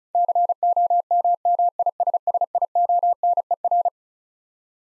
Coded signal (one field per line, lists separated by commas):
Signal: Morse code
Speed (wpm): 34 wpm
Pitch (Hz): 700 Hz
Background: none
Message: COMMISSIONER